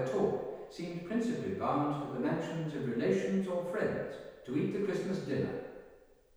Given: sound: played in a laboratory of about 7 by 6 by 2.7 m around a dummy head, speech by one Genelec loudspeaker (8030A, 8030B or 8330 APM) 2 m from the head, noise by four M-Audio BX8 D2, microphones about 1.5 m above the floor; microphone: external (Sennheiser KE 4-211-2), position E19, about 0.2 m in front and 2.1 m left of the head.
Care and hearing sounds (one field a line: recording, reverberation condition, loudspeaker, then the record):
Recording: male speech in English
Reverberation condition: high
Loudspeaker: 90 degrees to the right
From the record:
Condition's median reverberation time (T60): about 1300 ms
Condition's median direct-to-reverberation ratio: about -4.0 dB